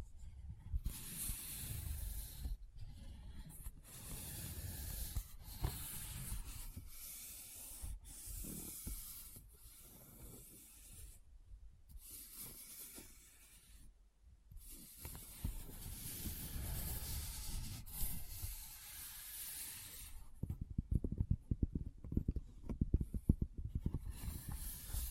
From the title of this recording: ASMR What's In My Bag (No Talking)